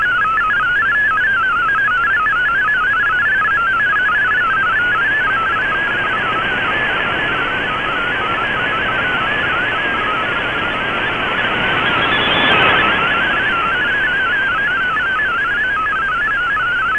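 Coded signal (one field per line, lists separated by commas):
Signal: multi-tone FSK (Olivia or MFSK type)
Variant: MFSK32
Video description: Here is my decode of the Shortwave Radiogram broadcast today on 11580Khz shortwave radio at 2300UTC in MFSK32 and with 5 SSTV images.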